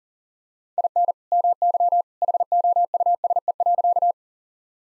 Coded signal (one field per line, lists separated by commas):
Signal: Morse code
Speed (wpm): 40 wpm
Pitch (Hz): 700 Hz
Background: none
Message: IN MY HOUSE.